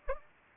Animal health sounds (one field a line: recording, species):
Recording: mosquito wingbeat signal from an infrared sensor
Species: Anopheles gambiae